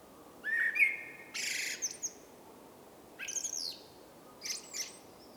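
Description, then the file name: Common blackbird giving a short fluty whistle followed by harsh, scratchy high twitters and squeaks in separate bursts. "Turdus merula"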